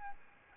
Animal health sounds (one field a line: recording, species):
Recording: mosquito wingbeat signal from an infrared sensor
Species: Aedes albopictus